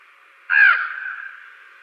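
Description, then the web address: Fan-tailed raven giving a single harsh, falling caw that trails off slowly. "Schulze Peter Fan-tailed Raven"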